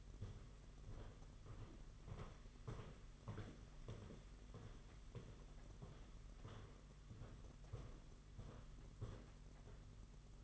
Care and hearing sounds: daily activity, microphone in the room; walk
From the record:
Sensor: 4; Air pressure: 992.4 hPa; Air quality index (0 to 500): 135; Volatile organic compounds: 56 ppm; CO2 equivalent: 3368 ppm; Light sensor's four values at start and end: 20/71/26/27 and 20/72/26/28

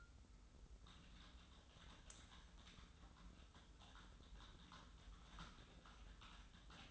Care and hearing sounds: daily activity, microphone in the room; typing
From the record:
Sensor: 3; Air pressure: 990.9 hPa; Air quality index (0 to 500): 139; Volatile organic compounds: 261 ppm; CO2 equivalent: 4388 ppm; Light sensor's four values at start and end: 36/86/35/34 and 36/87/35/34

